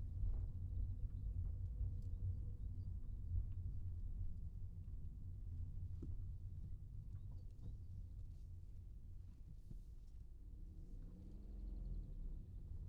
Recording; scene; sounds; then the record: everyday scene through a hearing-aid microphone; in a vehicle; engine, rumble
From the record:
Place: Skoda Fabia, gasoline engine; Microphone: in the ear canal, right